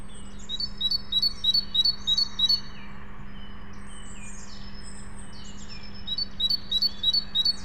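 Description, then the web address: Great tit singing a rapid seesaw of paired high notes in two bouts, separated by a pause filled with softer sliding chirps from other birds over a constant low hum. "SETE data Parus major"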